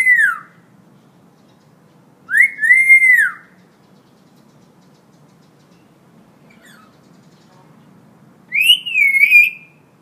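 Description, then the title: Hill myna giving loud, clear whistled notes that arch up and then fall, three phrases spread across ten seconds with quiet gaps between them. Hill myna in full active song, recorded as a tutor track for training other birds to sing. "Suara Burung Beo Gacor Cocok Untuk Masteran"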